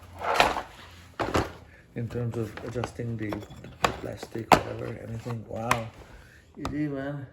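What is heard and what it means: A repaired plastic handle, its edges filed, is pushed into a plastic laundry basket. It snaps into place with a sharp click at 1.2 s. Someone talks before and after the click.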